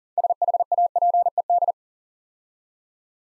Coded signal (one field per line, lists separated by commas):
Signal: Morse code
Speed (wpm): 41 wpm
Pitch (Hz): 700 Hz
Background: none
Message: SHAPED